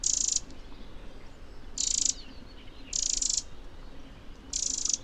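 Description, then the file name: Eurasian wren giving four harsh, rattling rasps, each about half a second, spaced a second or more apart against quiet background hiss. "Troglodytes troglodytes"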